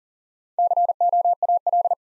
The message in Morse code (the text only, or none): COAL